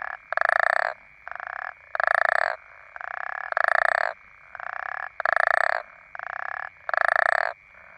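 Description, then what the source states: African common toads croaking in short, pulsed rasps, two callers seeming to alternate loud and soft bursts, over an unbroken high chorus. Several toads.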